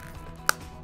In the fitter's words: Once you have the hooks lined up, you just want to push on these black tabs, and you'll hear a snap. That's when you know it's locked into place.